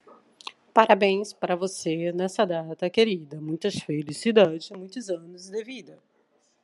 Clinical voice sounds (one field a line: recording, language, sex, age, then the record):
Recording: short text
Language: Brazilian Portuguese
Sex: female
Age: 50 to 59 years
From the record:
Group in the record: control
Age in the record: 51 years